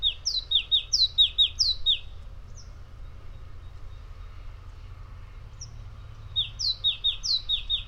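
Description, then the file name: Great tit song in two bursts of clear high-low two-note phrases, each repeated several times, separated by a quiet pause. "Great Tit Parus major"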